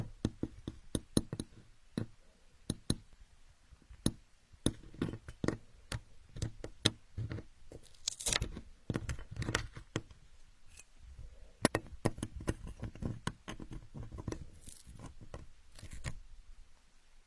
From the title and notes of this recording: Asmr, playing with building blocks.